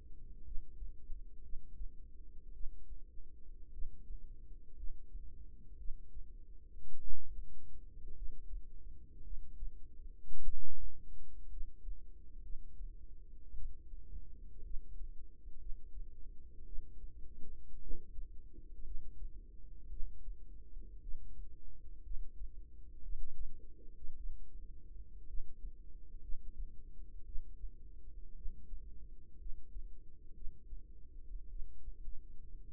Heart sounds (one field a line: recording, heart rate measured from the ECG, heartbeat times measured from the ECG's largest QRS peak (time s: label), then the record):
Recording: heart sounds by microphone in the right ear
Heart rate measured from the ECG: 56 bpm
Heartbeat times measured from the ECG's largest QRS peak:
0.43 s: heartbeat
1.41 s: heartbeat
2.52 s: heartbeat
3.70 s: heartbeat
4.75 s: heartbeat
5.76 s: heartbeat
6.99 s: heartbeat
8.13 s: heartbeat
9.22 s: heartbeat
10.42 s: heartbeat
11.48 s: heartbeat
12.41 s: heartbeat
13.54 s: heartbeat
14.62 s: heartbeat
15.57 s: heartbeat
16.64 s: heartbeat
17.79 s: heartbeat
18.82 s: heartbeat
19.88 s: heartbeat
20.99 s: heartbeat
22.02 s: heartbeat
23.01 s: heartbeat
24.15 s: heartbeat
25.25 s: heartbeat
26.20 s: heartbeat
27.24 s: heartbeat
28.34 s: heartbeat
29.37 s: heartbeat
30.32 s: heartbeat
31.48 s: heartbeat
32.64 s: heartbeat
From the record:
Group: healthy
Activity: rest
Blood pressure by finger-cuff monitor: 87/60 mmHg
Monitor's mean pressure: 68 mmHg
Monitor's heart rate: 57 bpm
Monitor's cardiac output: 4.2 L/min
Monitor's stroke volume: 74 mL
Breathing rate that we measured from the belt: 17 breaths a minute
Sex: female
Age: 36 years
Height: 163 cm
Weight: 88 kg